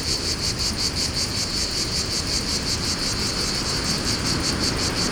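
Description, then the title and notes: Cicada chorus: a high, rapidly pulsing buzz that keeps on without a break, with heavy wind noise underneath. Fontvieille, France; pine wood during mistral wind; two Shure BG 4.0 mics, DIY windscreen, Tascam DA-P1 DAT recorder; excerpt from CDR copy. "Fontvieille, France - Mistral et cigales. Le Mistral dans la pinède les cigales et insectes au sol , quelques bruits de circulation"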